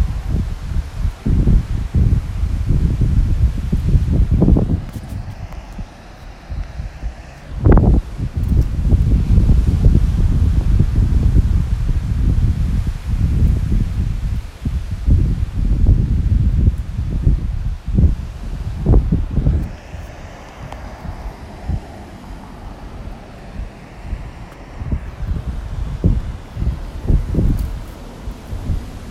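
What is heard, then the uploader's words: Waves crash in the background on a breezy day while traffic drives by, a steady low rumble filling the whole stretch. Gusts of wind buffet the microphone in frequent thumping bursts, heaviest in the first half and around twenty seconds. Waves crashing in the background on a Breezy Los Angeles day (with Traffic driving by).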